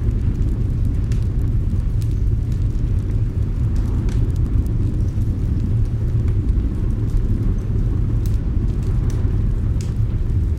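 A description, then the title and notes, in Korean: Crackling fire mixed with distant howling wind, a cozy cabin in a storm. A dense, steady low roar fills the whole clip at an even level, with brief sharp crackles and pops scattered throughout, a few standing out near four, eight and ten seconds. 폭풍 속 아늑한 오두막 | ASMR 우렁찬 벽난로 분위기. 큰 울 러그와 지금까지 들어본 가장 웅장하고 우렁찬 불꽃이 장식된 아늑한 오두막에서 녹음되었습니다. 밖에서는 폭풍이 몰아치며, 바람이 집에 부딪쳐 기초를 흔들 위협을 가합니다.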